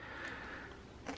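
A plastic lamp piece is pressed into the mounting holes of a playset, with a steady low background hiss before a short, sharp snap at 1.1 s as the remaining lamp pegs snap home. The piece is seated.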